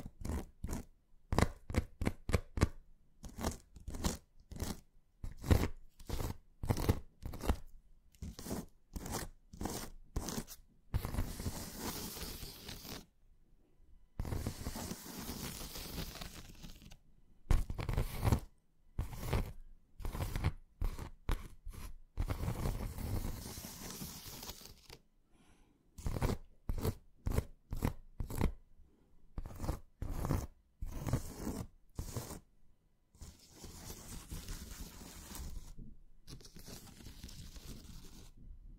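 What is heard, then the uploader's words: Hand sounds: quick dry taps in rapid bursts alternating with longer rough scratching and rubbing passages, crisp, with silent gaps between. ASMR Invisible Triggers Tapping, scratching, squeezing, stroking Hand movements (no talking).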